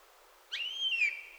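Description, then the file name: Eurasian jay gives one long plaintive mew that jumps up quickly and then glides gently down in pitch before fading. "Garrulus glandarius"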